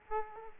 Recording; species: mosquito wingbeat signal from an infrared sensor; Aedes aegypti